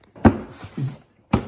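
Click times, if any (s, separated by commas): 1.3 s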